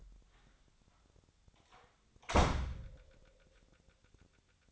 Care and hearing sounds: daily activity, microphone in the room; close door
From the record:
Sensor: 3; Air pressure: 1007.5 hPa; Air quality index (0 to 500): 195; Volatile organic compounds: 15 ppm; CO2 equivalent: 2500 ppm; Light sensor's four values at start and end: 12/29/12/12 and 12/28/12/12

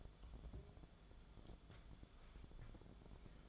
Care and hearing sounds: daily activity, microphone in the room; take from stove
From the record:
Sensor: 5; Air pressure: 1010.4 hPa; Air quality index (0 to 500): 109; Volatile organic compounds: 2 ppm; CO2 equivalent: 1071 ppm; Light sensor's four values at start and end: 554/1409/584/669 and 559/1431/591/680

